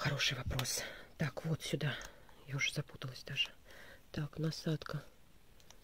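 Someone talks in a low, whispery voice while handling the nozzle tip of an Acleon TF200 oral irrigator, about to push it into the irrigator's handle. A few faint, short ticks come near the end, around 5.6 to 5.8 seconds. The clip ends before the nozzle goes home, so nothing has seated or clicked yet.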